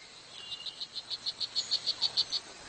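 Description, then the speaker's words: Strawberry poison dart frog calling: a rapid, evenly spaced train of short, high buzzy chirps that builds slightly in loudness. Calling male attracting a mate in the jungle, making the sound as loud as possible; courtship method likened to a cicada's; frog only 2 cm tall; poisonous, so needs no hiding. "其实为了吸引配偶，雄性所用的求偶方法和蝉一模一样，"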